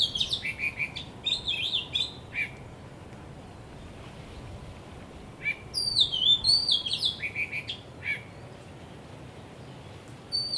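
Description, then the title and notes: Bird song: a run of high chirps, then a few seconds of near silence, then another bright twittering phrase with sliding notes; soft hiss throughout. Birds singing vigorously at Wu Kai Sha, Hong Kong, on 15 December 2006, recorded with AKG condenser microphones in XY stereo. "香港 烏溪沙 雀鳥勁唱歌 Date: 15 December 2006"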